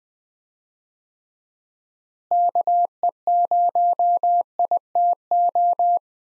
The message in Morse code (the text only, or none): KE0ITO